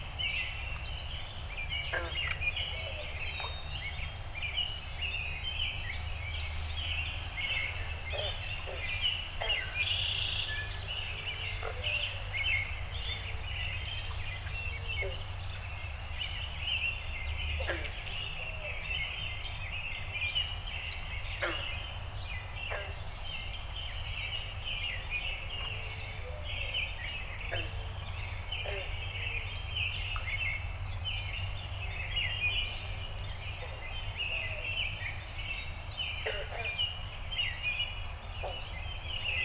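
A backyard at dawn: a steady, dense chorus of birds chirping throughout, with frequent sharp calls over a constant low rumble.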